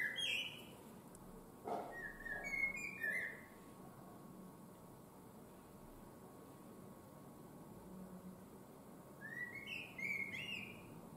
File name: Common Blackbird Song